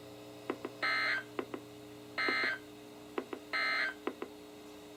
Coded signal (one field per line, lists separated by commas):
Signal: Emergency Alert System (SAME) tones